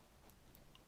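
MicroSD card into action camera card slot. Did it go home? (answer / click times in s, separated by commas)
yes / 0.6 s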